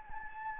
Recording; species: mosquito wingbeat signal from an infrared sensor; Anopheles gambiae